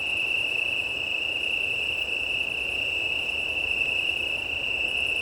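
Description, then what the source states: Italian tree cricket chorus holding one steady trilled tone, while higher insects chirp in short pulsed bursts that stop and restart; wind noise runs underneath. Chorus of many Italian tree crickets at start of night, 20:35 on 18 September 2019, Plateau de Lesches en Diois, Drôme, France; windy; recorded with Nomad six-track recorder and MKH8020 microphones.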